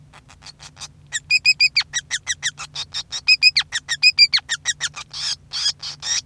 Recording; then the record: song of a male Bengalese finch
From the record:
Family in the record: son of father 5